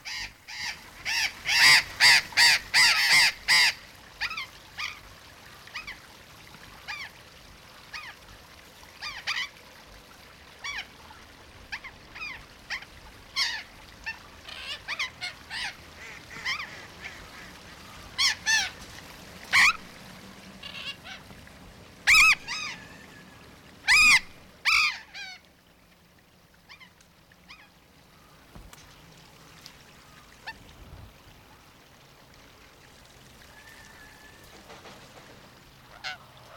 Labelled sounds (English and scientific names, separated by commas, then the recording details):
Mitred Parakeet (Aratinga mitrata) call
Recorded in captivity
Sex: group
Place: Zoo Dresden, Sachsen, DE
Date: 1997-02-14 14:30
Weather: heiter bis wolkig, 5 bis 7°C
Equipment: Nagra SN, Kopie Uher 4000 Report Monitor
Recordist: Tembrock, Günter